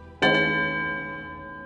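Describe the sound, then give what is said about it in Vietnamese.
A nun's handbell is shaken once as she walks, ringing it every few steps, its clapper striking twice in quick succession, leaving a bright, shimmering metallic ring that slowly fades over the next second and a half. “Cứ vài bước là lắc chuông một lần.”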